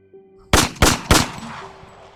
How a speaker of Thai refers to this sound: มันคือเสียงปืนสั้นของนายวินโบที่ยิงขึ้นฟ้าเพื่อเบี่ยงเบนความสนใจจากพวกมันหลอกล่อให้ไปจากเต็นท์นอน